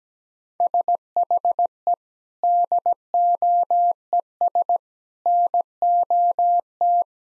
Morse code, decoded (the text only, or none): SHE DOES NOT